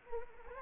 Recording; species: mosquito wingbeat signal from an infrared sensor; Anopheles arabiensis